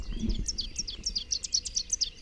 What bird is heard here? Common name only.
Rufous-capped Warbler